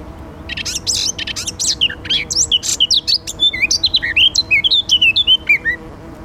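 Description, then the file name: Eurasian blackcap song, a hurried chattering warble that shifts into a run of clear fluty whistles sliding downward near the end. "Sylvia atricapilla"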